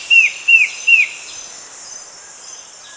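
Bird gives three quick down-slurred whistled notes in the first second, then only a constant high drone continues.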